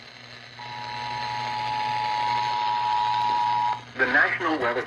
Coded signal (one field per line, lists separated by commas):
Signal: Emergency Alert System (SAME) tones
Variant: 853 and 960 Hz attention tone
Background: speech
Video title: EAS Compilation: New radio, FM Relay Galore, and other general chaos. July 10-19 (EAS #67-#85)